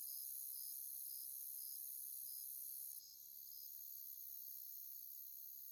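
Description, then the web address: Cricket chirps as brief high pulses repeating roughly twice a second over a constant shrill background, the pulses fading after three seconds. "Natures Songs Sleep Sounds of Nature CRICKETS Crickets"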